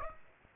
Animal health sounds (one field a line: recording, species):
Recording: mosquito wingbeat signal from an infrared sensor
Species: Aedes aegypti